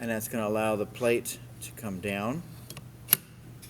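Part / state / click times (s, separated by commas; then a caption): fence plate into its angle stop on a biscuit joiner / seated / 3.1 s. Someone talks while the side knob on a biscuit joiner is loosened and its angled fence plate swings down. The fence plate locks into its 90-degree position with a sharp metallic click at 3.1 seconds, after a couple of faint ticks just before.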